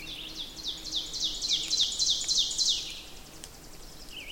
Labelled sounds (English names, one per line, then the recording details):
Ovenbird song
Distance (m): 25 m
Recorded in boreal forest in Alberta, Canada, on 6 June 2016 at 07:56
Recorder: SongMeter 3, array SBT-3-51
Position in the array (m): 228 m, 155 m
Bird 28